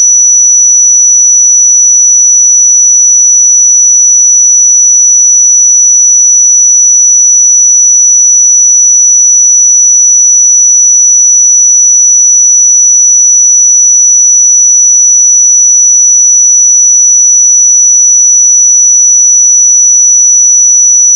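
A pure sine tone at 5912 Hz sounds at a single high, thin pitch for the full 21 seconds. It holds perfectly steady in pitch and loudness, with no gaps, no other sounds and a silent background.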